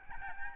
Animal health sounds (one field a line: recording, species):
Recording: mosquito wingbeat signal from an infrared sensor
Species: Aedes albopictus